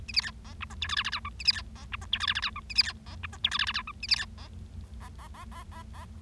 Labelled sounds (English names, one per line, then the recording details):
Bengalese Finch song
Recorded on 25 March 2012 at 09:34
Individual gy6or6